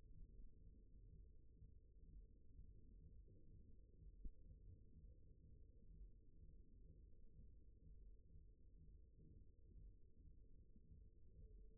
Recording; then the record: forearm muscle sounds (acoustic myography)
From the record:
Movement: rest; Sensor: system 1, eight BSWA MPA416 microphones around the upper forearm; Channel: 1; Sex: male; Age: 54 years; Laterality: right